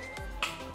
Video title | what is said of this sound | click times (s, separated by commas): Tutorial "Cradle Position" Menggunakan Levana Carrier | sampai berbunyi klik nah | 0.4 s